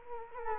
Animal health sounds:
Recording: mosquito wingbeat signal from an infrared sensor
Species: Culex quinquefasciatus

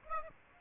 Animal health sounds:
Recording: mosquito wingbeat signal from an infrared sensor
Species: Aedes aegypti

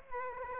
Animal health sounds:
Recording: mosquito wingbeat signal from an infrared sensor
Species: Aedes aegypti

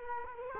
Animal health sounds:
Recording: mosquito wingbeat signal from an infrared sensor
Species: Culex quinquefasciatus

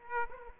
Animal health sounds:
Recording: mosquito wingbeat signal from an infrared sensor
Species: Aedes aegypti

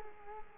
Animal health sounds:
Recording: mosquito wingbeat signal from an infrared sensor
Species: Culex quinquefasciatus

